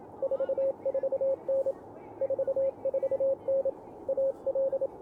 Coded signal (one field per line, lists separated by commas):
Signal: Morse code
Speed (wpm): 26 wpm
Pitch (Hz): 530 Hz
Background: radio noise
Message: 44N 44N AL